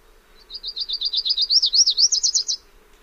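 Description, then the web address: Lucy's warbler song: a high, rapid trill of many slurred notes lasting about two seconds and ending abruptly, with a faint low hum behind. "Songs of Birds of North America Know Your Bird Sounds. Lucys Warbler"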